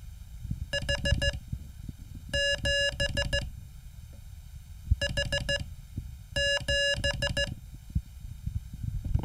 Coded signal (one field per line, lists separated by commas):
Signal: Morse code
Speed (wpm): 15 wpm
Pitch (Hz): 1700 Hz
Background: none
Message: H7 H7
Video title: Learn Morse: Homework 5